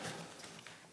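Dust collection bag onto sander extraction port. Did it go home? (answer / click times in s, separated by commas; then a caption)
no / none. A dust collection bag is being handled and pushed toward the dust extraction port of a compact finishing sander, with soft scraping and rustling and a brief knock at 0.7 s. The bag has not seated or clicked onto the port yet.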